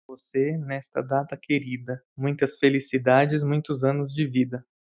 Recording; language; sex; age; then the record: short text; Brazilian Portuguese; male; 30 to 39 years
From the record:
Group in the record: control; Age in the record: 31 years